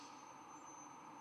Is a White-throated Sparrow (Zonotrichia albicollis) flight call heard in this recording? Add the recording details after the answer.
no. No flight call is heard. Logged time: 01:40 on 24 November 2014